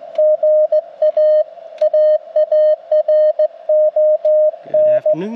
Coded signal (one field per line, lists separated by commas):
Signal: Morse code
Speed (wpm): 20 wpm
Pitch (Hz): 600 Hz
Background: radio noise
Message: GA AARON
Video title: Lunch Time POTA CW Activation - 9/8/23 @ K-4451